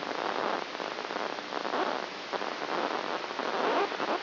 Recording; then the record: brain microelectrode recording played as sound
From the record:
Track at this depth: outside the subthalamic nucleus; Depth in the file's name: 1.406 mm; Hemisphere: right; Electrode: 2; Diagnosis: Parkinson's disease